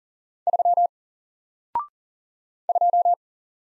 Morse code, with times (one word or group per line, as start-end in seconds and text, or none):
0.5-0.9 3
2.7-3.1 2